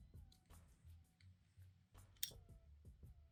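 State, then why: Partly seated. A magazine is inserted into the grip magazine well of a GSG 1911 .22 LR pistol, with a faint click at 0.3 s and a sharp, louder click at 2.2 s over low background rumble. The magazine was not pushed all the way in, so it ends up not fully seated.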